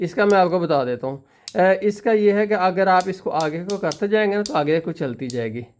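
Someone talks while handling the third sliding clamp arm of a 2uul BH21 Glass Ox Jig, a universal mobile phone PCB motherboard glass fixture. The arm is meant to ratchet forward and lock wherever it is pushed until the release button is pressed. Only speech is heard, and nothing has seated or clicked yet.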